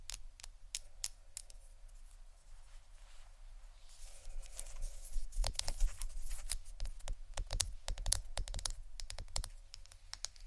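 Light tapping on wood, ceramic and similar objects in quick, irregular clicks, sparse at first and growing denser after four seconds over a low hum.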